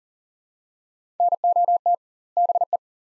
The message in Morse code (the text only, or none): NOT BE